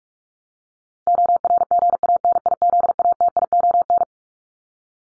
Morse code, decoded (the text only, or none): ORGANIZATION